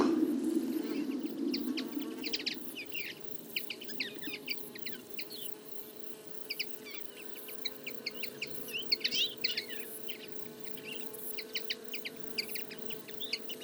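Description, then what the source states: Common Linnet twittering, a steady stream of quick chirps and short chatters from several birds, with a low rumble at the start and a faint hum. Flock of about fifty feeding in a field in late summer; calls, flights and autumn babbling; recorded for an hour with a single-microphone parabola.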